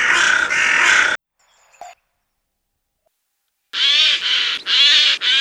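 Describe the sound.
Bird: harsh drawn-out calls, broken by a pause of near silence with a faint short note, then more harsh calls.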